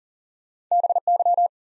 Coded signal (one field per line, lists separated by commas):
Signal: Morse code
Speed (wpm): 39 wpm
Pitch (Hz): 700 Hz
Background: none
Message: BY